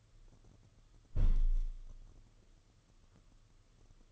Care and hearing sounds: daily activity, microphone in the room; close window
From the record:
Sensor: 4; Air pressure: 995.2 hPa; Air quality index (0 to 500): 190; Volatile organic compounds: 115 ppm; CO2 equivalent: 3846 ppm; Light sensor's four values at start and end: 5/12/4/5 and 5/11/4/4

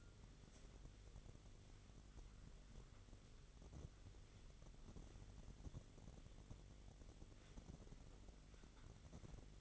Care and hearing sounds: daily activity, microphone in the room; wipe stove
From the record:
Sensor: 4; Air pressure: 1004.1 hPa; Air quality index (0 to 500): 158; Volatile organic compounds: 2 ppm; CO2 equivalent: 1125 ppm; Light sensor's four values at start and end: 13/30/12/13 and 13/30/12/13

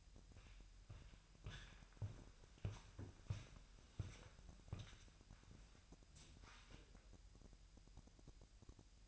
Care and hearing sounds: daily activity, microphone in the room; walk to room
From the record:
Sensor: 2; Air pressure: 1001.8 hPa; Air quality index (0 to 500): 246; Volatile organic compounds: 34 ppm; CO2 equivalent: 3035 ppm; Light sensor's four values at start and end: 7/17/7/7 and 7/16/7/7

